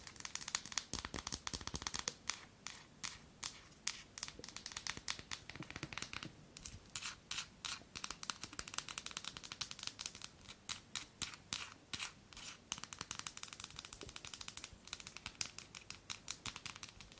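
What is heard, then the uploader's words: Long nails tap and scratch across a bar of soap. Dense, crisp clicks and scrapes come in quick irregular bursts throughout, bright and sharp, with brief pauses around six and twelve seconds. ASMR SOAP TAPPING AND SCRATCHING with Long Nails.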